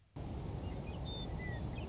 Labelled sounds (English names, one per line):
Western Meadowlark